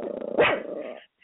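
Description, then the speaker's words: Chihuahua growling: a harsh, snarling outburst about a second long. "Kelly, I do want to point out that that's an angry chihuahua in the background."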